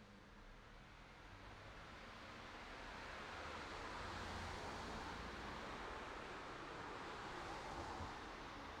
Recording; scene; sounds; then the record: everyday scene through a hearing-aid microphone; in traffic; traffic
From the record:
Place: city secondary road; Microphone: in the ear canal, right